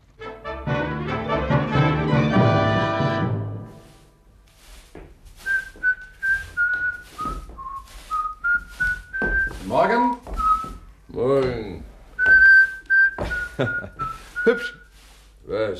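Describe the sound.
After a short burst of dense, buzzing tones, someone whistles a simple melody of clear, steady notes that step up and down in pitch, with brief voices and soft thumps between phrases.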